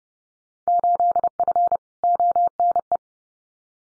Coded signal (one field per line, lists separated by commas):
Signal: Morse code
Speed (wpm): 32 wpm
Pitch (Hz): 700 Hz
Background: none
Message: 8F ONE